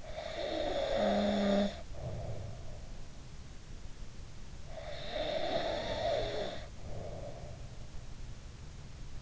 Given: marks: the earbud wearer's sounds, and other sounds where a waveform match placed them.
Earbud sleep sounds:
sounds in sleep by an in-ear microphone; snoring breath
0.00-2.91 s: snoring breath
4.72-7.86 s: snoring breath

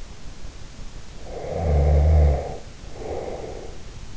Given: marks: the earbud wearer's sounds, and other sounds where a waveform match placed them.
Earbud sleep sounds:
sounds in sleep by an in-ear microphone; snoring breath
1.19-3.90 s: snoring breath

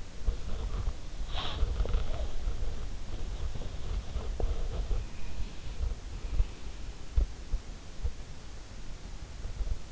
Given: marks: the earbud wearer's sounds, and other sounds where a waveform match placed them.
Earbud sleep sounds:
sounds in sleep by an in-ear microphone; body movement, breath
0.00-6.11 s: body movement
1.20-2.93 s: breath
4.10-8.21 s: breath

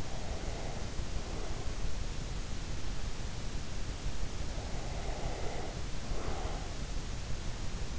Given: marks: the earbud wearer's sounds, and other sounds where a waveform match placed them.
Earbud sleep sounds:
sounds in sleep by an in-ear microphone; breath
0.00-1.71 s: breath
4.52-6.59 s: breath

